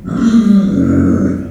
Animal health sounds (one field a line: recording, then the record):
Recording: squeal of a Yucatan mini pig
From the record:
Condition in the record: after surgery on the right vocal fold (resection and tissue-engineered implant)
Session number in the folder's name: 6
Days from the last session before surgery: 40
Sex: female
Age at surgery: 19 weeks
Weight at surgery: 25 kg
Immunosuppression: prednisolone